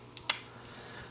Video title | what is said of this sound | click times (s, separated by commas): Voltes V DX Chogokin 4K Bandai 2020 (SupremeCollector TV Review) | and it clicks in place you can hear it | 0.3 s